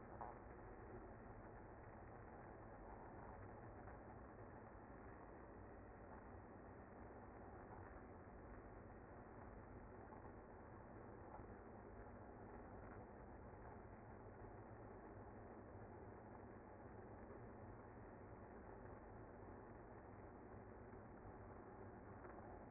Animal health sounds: honeybee colony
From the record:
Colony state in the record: active

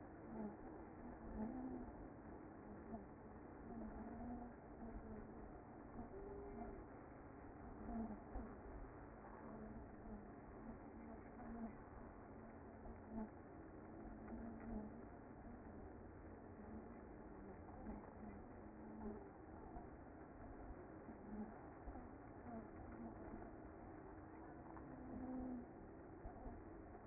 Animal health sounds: honeybee colony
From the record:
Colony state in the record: active

